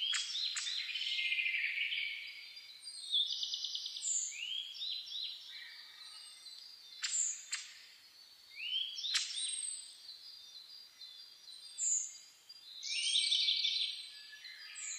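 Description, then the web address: Several birds sing together at dawn, with rolling trills, upslurred whistles and scattered sharp notes swelling and fading throughout. Dawn chorus (reimei) birdsong (saezuri), recorded 10 May 2010. "reimei -saezuri-20100510-0401"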